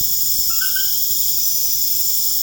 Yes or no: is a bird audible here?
no